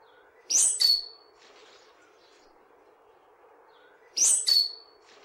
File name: Stitchbird